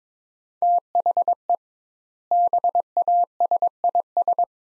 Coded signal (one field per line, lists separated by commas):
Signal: Morse code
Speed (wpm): 22 wpm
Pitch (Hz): 700 Hz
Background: none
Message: THE BASIS